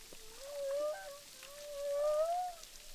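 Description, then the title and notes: Humpback whale song, two drawn-out tonal moans gently rising and wavering in pitch, with faint upper harmonics and a quiet hissing background. Humpback whales recorded underwater with a DPA hydrophone at Boucan Canot, Réunion Island, during a film shoot. "humpback whales, boucan canot, ile de la reunion. enregistré avec un hydrophone DPA lors du tournage SIGNATURE"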